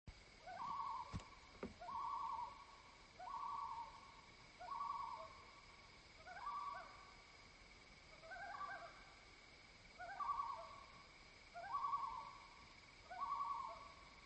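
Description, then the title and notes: Common loon calling in a long series of drawn wails, repeating about every one and a half seconds, with two brief sharp clicks near the start. Loons giving their night chorus after dark, heard from the edge of a dock on Squam Lake, Holderness, New Hampshire. "After dark, the loons perform their night chorus."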